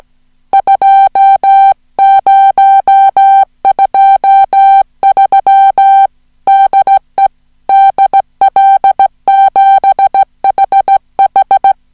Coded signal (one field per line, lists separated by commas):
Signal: Morse code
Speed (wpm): 17 wpm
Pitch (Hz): 780 Hz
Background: music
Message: 2023 DE DL7HH